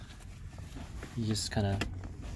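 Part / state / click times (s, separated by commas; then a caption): infant seat base LATCH clip onto vehicle seat anchor / not seated / none. An infant car seat base's LATCH clip, a metal hook connector on a strap, is handled near an FJ Cruiser vehicle seat's anchor bar while someone talks over quiet background rustling. Nothing has seated or clicked yet.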